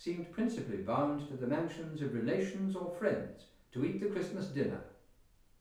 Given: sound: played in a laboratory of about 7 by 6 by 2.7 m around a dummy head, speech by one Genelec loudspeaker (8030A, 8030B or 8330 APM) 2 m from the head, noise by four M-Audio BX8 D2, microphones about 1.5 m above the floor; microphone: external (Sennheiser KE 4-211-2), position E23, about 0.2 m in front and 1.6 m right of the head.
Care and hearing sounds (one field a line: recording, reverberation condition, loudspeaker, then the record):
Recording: male speech in English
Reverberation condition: medium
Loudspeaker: 90 degrees to the left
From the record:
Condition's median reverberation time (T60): about 510 ms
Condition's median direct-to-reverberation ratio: about -0.5 dB